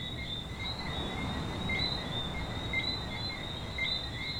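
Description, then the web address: Coqui frog chorus: high tonal notes from several frogs overlapping almost continuously, against loud low background noise. Frogs at a beach in Venezuela. "venezuela frogs Coqui playa"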